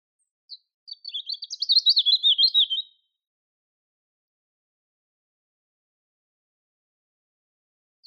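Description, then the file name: European robin singing one short, rapid, rising and falling warble of high notes for about two seconds, then silence with a faint chip near the end. "Erithacus rubecula"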